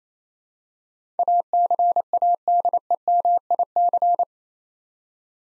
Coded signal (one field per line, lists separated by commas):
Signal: Morse code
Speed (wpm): 28 wpm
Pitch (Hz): 700 Hz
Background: none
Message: ACADEMIC